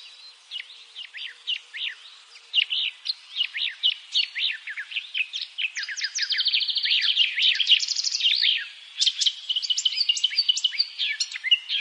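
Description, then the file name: Eurasian blackcap song: quick chattering notes that build into fast rattling runs, then after a brief pause a further burst of varied warbled phrases, all high and bright. "Sylvia atricapilla"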